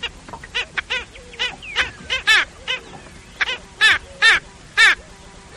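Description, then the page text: Black skimmer calls: short nasal barking notes with stacked harmonics, given singly and in quick pairs at an uneven pace, several birds overlapping. Brazil. "Black-Skimmer From Sounds of Brazil"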